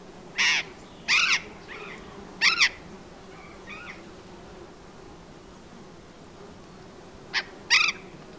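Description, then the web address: Burrowing parrot uttering a few harsh, raspy screeches separated by pauses, with fainter calls in between and a quiet background. "parrots cyanoliseus-patagonus"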